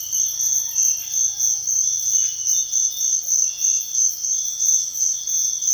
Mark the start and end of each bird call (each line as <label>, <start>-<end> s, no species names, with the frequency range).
bird call (0.5-2.1 kHz), 0.41-1.59 s